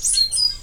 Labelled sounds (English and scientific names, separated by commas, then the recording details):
Stitchbird (Notiomystis cincta) song
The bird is a male
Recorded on Tiritiri Matangi Island, New Zealand, in 2005
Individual 17, of nest box 25